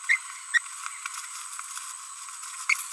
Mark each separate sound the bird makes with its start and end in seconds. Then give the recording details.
0.09-0.16, 0.54-0.58, 2.70-2.74. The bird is a female. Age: 30 days. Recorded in a nest box in Venezuela. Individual 17B42B3